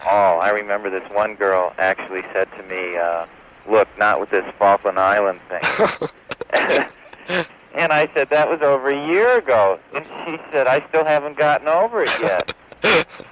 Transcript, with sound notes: I remember this one girl actually said to me, look - not with this Falkland Island thing.
(LAUGHTER)
And I said, that was over a year ago. And she said, I still haven't gotten over it yet.